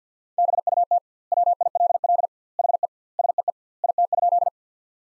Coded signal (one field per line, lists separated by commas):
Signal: Morse code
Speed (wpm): 50 wpm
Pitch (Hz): 700 Hz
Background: none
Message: BUT WILL HE SEE IT?